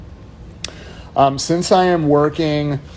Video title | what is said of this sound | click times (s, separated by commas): YN NAIL SCHOOL - How To Start Using An Electric FIle | and then you you lock it right then then it's locked and loaded and and ready to go | 0.7 s